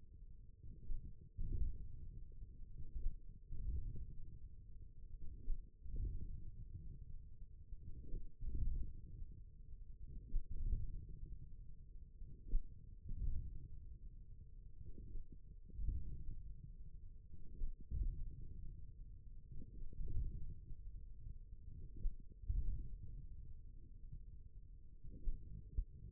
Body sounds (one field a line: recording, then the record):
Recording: forearm muscle sounds (acoustic myography)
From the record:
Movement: wrist flexion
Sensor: system 1, eight BSWA MPA416 microphones around the upper forearm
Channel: 2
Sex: male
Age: 41 years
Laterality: right